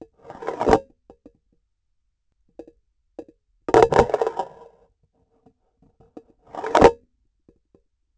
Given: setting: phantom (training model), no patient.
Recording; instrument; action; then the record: laparoscopic instrument, vibration sensor on the handle end; grasping forceps; insertion and removal through the trocar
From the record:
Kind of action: spatial motion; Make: Olympus